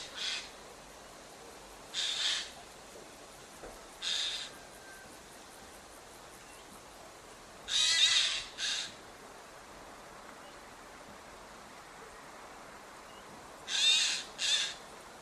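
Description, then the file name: Eurasian jay uttering hoarse, noisy screams at irregular intervals, single at first, then two doubled screeches. "Garrulus glandarius"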